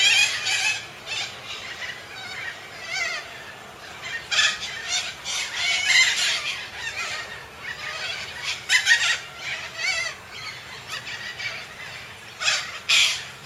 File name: canto da cacatua inca